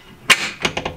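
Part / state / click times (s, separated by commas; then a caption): half door latch on a Jeep body / seated / 0.7 s, 0.8 s. An aluminum half door is swung closed on a Jeep Wrangler TJ body, with a loud impact near 0.3 s followed by sharp latch clicks at 0.7 s and 0.8 s as the latch catches. Two more short clicks follow near 0.9 s and 1.0 s. The door latches shut with a nice click.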